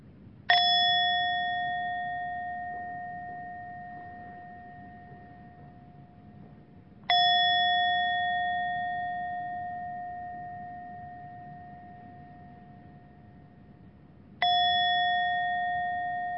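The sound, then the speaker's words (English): A meditation bell marking the end of a loving-kindness meditation is struck three times at even intervals, each clear, ringing tone sustaining and slowly fading before the next strike, over a soft background hiss. “With that intention, I open my eyes gently with the sound of this bell.”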